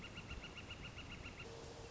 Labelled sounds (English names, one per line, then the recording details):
Northern Flicker
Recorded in Sonoma County, California